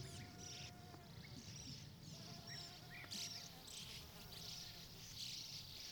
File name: Birds and fly at the big river